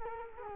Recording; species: mosquito wingbeat signal from an infrared sensor; Culex quinquefasciatus